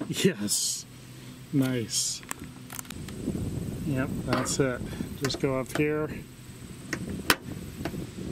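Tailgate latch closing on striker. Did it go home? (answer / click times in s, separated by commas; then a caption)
yes / 6.9 s, 7.3 s. Someone talks while a screwdriver is pushed into the tailgate latch of a 1999 Subaru Outback to close it on the striker. Two sharp metallic clicks sound at 6.9 s and 7.3 s as the latch seats closed.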